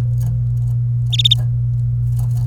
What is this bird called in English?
Domestic Canary